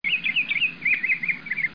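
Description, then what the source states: Bird call: a rapid, high warbling chatter of wavering notes, running almost without a break for under two seconds. Bird recorded in the Red Sea region.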